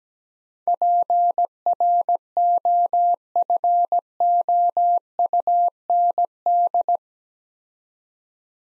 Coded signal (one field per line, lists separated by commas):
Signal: Morse code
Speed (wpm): 17 wpm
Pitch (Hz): 700 Hz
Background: none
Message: PROFOUND